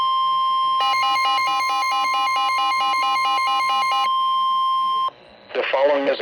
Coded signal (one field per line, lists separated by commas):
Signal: Emergency Alert System (SAME) tones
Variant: 1050 Hz attention tone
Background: speech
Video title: High Wind Warning NOAA Weather Radio (3/31/23)